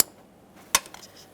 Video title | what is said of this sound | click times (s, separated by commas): How to Replace Power Steering Pump 2009-2014 Nissan Maxima 3.5L V6 | Pull that up into position here. Listen for our click from that | 0.8 s